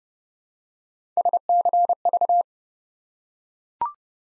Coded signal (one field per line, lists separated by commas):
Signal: Morse code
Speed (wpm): 30 wpm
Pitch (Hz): 700 Hz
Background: none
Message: SCV